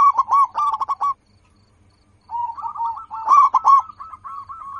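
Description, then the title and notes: Zebra dove song: a fast burry trill, over a second of quiet, then a run of coos swelling into another loud rolled phrase. Local perkutut described as singing persistently, with a loud, crystal-clear voice. "PERKUTUT LOKAL GACOR Suara KRISTAL LANTANG. Kicau Burung Perkutut"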